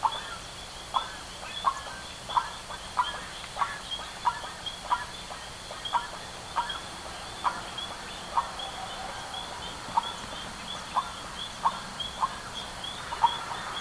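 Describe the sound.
Bird calls: a long run of brief, sharp notes repeated at a fairly steady pace.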